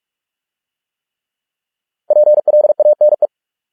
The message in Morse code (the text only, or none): PLANE